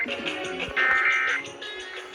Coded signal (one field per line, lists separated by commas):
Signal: Emergency Alert System (SAME) tones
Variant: end-of-message bursts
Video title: [EAS #1563-#1584] A Night of Required Monthly Tests